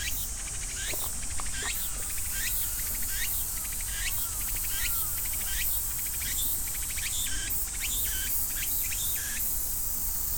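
A field recording from Kyoto, Japan, filled with insect sound: a constant high, hissing drone runs throughout, while a cricket-like chirp repeats roughly once a second in short rattling bursts. Faint bird calls and a low rumble sit underneath.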